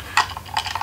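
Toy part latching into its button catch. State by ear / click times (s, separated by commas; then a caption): not seated / none. A Lego Ninjago Movie toy from a thrift grab box has a part pressed toward its button latch, making sharp plastic clicks near 0.2, 0.4, 0.6 and 0.8 seconds. The part does not latch; nothing has caught in the button yet.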